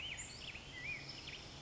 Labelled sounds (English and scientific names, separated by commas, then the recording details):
Black-headed Grosbeak (Pheucticus melanocephalus)
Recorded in Sonoma County, California